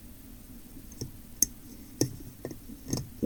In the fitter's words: That just clicks right in.